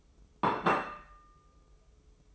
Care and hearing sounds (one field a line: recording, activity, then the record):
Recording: daily activity, microphone in the room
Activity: place plate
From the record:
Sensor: 1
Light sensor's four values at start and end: 13/47/17/18 and 13/47/17/18